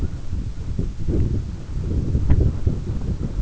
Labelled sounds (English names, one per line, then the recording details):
Canada Goose
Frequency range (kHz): Canada Goose 0.3-1.8 kHz
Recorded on Arctic tundra, site EABA-1, on 22 June 2018
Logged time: 14:00